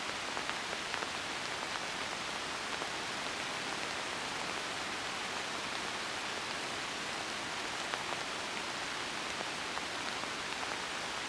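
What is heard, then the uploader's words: Rain patters steadily and densely throughout, a constant hiss concentrated in the upper and middle range with little low rumble. Faint individual drops tick now and then against the even wash, and the level stays unchanged from start to finish. The Patter of Rain.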